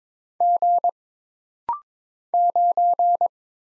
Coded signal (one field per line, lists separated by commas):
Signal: Morse code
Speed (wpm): 22 wpm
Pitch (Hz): 700 Hz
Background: none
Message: G 9